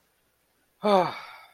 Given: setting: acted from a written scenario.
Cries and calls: vocal sound without words; sadness

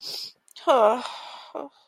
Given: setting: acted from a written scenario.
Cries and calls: vocal sound without words; guilt

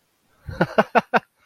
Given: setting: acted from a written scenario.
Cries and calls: vocal sound without words; amusement

